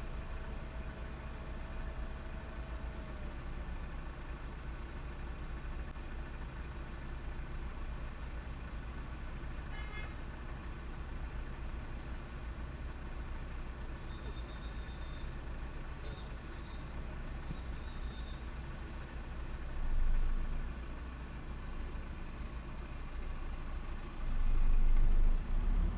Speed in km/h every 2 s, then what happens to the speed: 0, 0, 0, 0, 0, 0, 0, 0, 0, 0, 0, 0, 4.
0-23 standing.